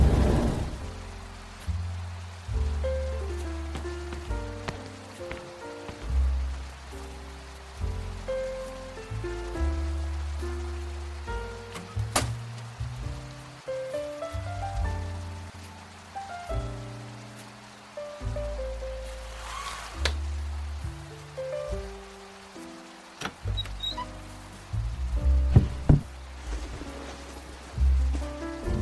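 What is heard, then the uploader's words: Cozy forest-house ambience: slow, gentle melodic notes shifting every second or two over a light, steady rain patter, with occasional soft clicks. Cozy house in the forest asmr ambience | relaxing music | nature sounds.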